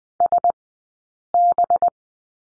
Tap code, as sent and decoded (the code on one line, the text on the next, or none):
none